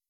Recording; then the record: hydrophone in a shrimp aquaculture tank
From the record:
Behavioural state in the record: weakened